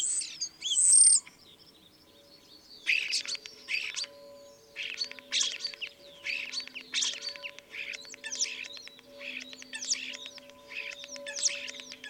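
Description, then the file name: Common starling song opening with a clear whistled note, then a long, busy sequence of clicks, rattles and buzzy squeaks in rapid, irregular bursts. "life dviete. sturnus vulgaris"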